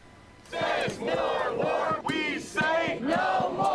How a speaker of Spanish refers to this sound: Trump quiere guerra y nosotros no, gritaron a todo pulmón manifestantes en Washington, Nueva York y otras ciudades del país.